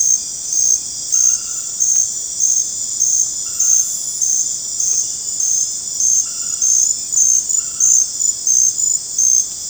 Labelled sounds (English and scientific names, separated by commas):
none